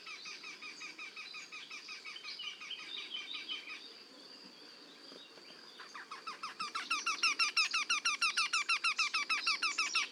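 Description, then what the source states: Eurasian wryneck calls, nasal ringing notes repeated about three per second, then a short lull, then returning louder. Two wrynecks calling together in a duet.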